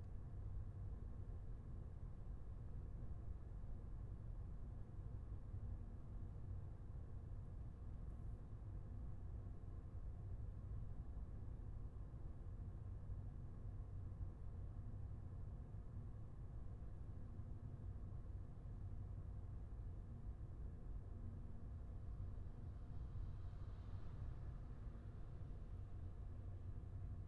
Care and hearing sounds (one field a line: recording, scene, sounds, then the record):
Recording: everyday scene through a hearing-aid microphone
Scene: in a vehicle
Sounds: engine, highway driving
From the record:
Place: Skoda Fabia, gasoline engine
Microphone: behind the ear, left, front